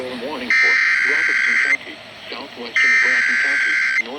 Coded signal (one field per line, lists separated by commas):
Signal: Emergency Alert System (SAME) tones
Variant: header bursts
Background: speech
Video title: EAS/NWR Alert or message #159-161: Double header SVR and SVA